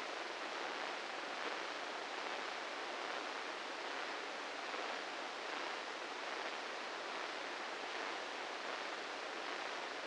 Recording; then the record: brain microelectrode recording played as sound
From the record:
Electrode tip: inside the subthalamic nucleus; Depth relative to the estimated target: -5 mm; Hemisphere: left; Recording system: NeuroSet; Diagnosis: Parkinson's disease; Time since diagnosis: 8 years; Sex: male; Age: 58 years